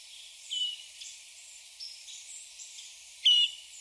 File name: Catharus guttatus call